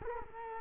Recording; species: mosquito wingbeat signal from an infrared sensor; Culex quinquefasciatus